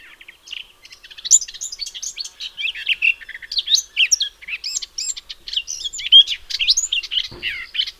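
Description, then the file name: Eurasian blackcap song: a steady stream of quick, varied twittering notes mixed with sweeter whistled phrases, with one brief low thump near the end. "Sylvia atricapilla"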